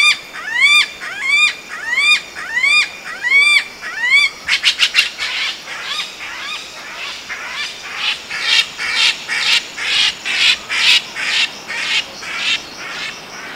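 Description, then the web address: Lesser vasa parrot giving several rising, harmonic whistled notes, then a quick burst of rapid clicks, followed by a run of harsh, buzzy squawks. "Loro Negro"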